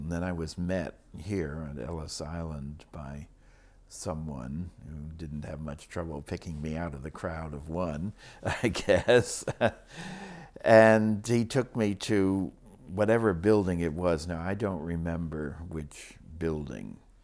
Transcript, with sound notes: And then I was met here at Ellis Island, by someone, who didn't have much trouble picking me out of the crowd of one, [Laughs] I guess. And he took me to whatever building it was now, I don't remember which building